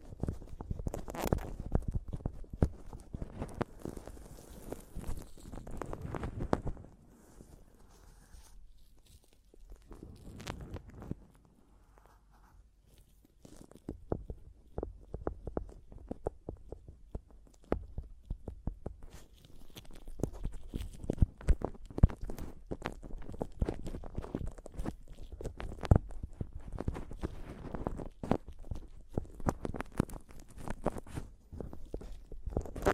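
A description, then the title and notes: A microphone being tapped and scratched, with dense bursts of knocks and rubbing from the start to about seven seconds. Then comes a quieter stretch with sparse taps. From around fourteen seconds the scratching and tapping return, busy and irregular through to the end. ASMR Mic Tapping and Scratching (No Talking).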